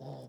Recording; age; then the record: pig call; piglet (1 to 25 days)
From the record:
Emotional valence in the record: negative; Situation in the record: short isolation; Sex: female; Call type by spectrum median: low-frequency call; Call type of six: low-frequency stable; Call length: 0.29 s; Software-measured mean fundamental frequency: 46 Hz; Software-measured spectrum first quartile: 160 Hz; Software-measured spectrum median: 362 Hz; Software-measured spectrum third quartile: 688 Hz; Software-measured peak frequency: 139 Hz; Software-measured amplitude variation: 81 dB a second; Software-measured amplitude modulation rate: 17.4 a second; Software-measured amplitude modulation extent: 4.7 dB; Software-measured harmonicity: -1.4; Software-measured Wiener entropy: -0.04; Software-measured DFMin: 1563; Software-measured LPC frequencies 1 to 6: 682, 3611, 5217, 6819, 7809, 8802 Hz